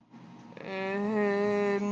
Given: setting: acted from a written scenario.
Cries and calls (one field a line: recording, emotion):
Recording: vocal sound without words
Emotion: neutral